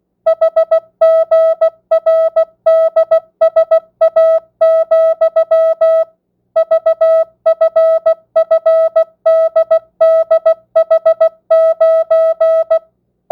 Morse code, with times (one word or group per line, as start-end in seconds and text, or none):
0.3-6.0 HGRDSA,
6.6-12.8 VFFDDH9